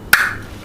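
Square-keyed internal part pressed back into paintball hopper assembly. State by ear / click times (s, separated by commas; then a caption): seated / 0.1 s. A square-keyed internal part of a Spire paintball hopper is lined up and pressed back into the hopper assembly. It makes one sharp click at 0.1 s, followed by a short bright ring that fades over about a quarter second. The part is seated.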